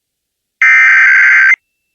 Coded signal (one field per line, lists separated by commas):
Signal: Emergency Alert System (SAME) tones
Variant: header bursts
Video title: Nebraskas RMT + KIH61 ID (read desc) 4/21/21 (EAS #569)